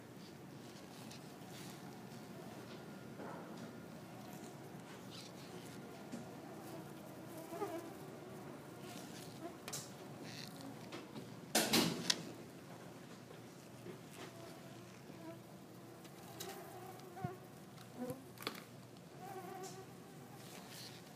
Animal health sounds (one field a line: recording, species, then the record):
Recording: mosquito flight sound by mobile phone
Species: Culex quinquefasciatus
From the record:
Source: SanMateoVCD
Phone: iPhone 4S